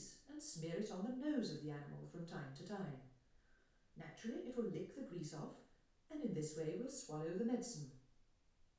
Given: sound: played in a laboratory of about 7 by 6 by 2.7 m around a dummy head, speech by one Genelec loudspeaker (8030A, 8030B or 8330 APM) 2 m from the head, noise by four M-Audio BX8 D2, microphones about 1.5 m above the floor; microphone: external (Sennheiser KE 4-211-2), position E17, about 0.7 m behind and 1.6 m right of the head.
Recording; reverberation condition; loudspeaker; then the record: female speech in English; medium; 30 degrees to the right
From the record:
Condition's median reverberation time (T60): about 510 ms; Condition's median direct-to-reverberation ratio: about -0.5 dB